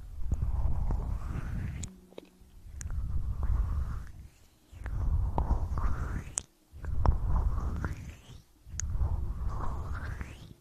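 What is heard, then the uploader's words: Close, wet ear-eating mouth sounds come in five swelling bursts about two seconds apart, with low rumbling, sharp smacks and brief quiet gaps. Relaxing Ear Eating.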